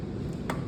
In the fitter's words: there we go there's the click